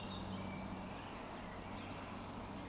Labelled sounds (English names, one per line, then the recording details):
Eurasian Woodcock
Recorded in Baden-Württemberg, Germany, on 16 June 2020 at 20:06 UTC
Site 14569, 102 m above sea level